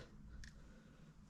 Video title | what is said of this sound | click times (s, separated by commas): How NOT to Rebuild a 4L60e (Watch Me Try) ! | Clicks down, everything's clicking into place. | 0.4 s